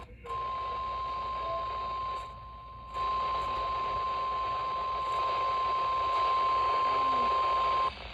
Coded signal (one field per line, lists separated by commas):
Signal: Emergency Alert System (SAME) tones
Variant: 1050 Hz attention tone